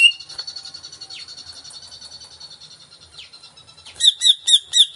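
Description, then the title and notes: Greater green leafbird song: a long run of thin high warbled and trilled phrases, ending in a burst of several loud, rapid, repeated bright whistled notes. Song of a vigorously singing (gacor) cucak ijo, played as a lure (pancingan) to get a caged bird to sing when hung up (gantang). "Pancingan CUCAK IJO Mau Di Gantang. Cucak Ijo Gacor"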